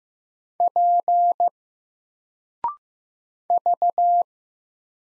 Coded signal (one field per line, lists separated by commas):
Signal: Morse code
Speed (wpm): 15 wpm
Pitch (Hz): 700 Hz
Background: none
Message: P V